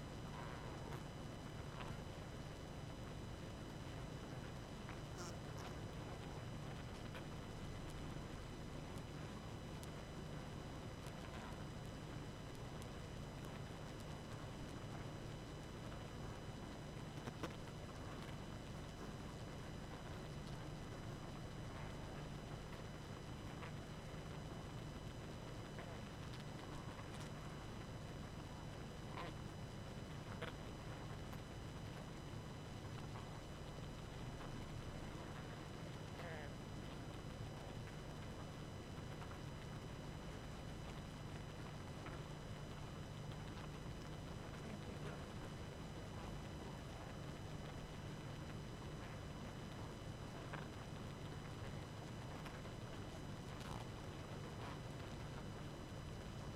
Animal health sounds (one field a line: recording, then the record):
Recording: honeybee colony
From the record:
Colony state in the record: active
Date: 12 June 2018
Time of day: 22:46